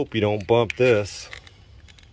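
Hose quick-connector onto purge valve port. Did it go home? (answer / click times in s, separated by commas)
no / none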